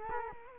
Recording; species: mosquito wingbeat signal from an infrared sensor; Culex quinquefasciatus